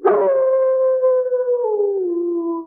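Dog howling, one long harmonic tone that holds steady and then slides gently lower toward the end, lasting under three seconds, with no other sounds.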